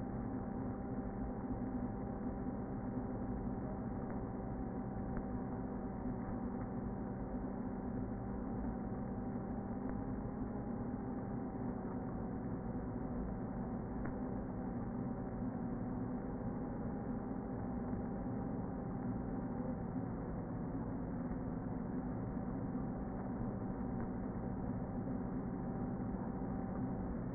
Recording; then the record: honeybee colony, microphone inside the hive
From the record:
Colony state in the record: queen present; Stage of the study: before two queens were removed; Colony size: about 60,000 bees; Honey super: yes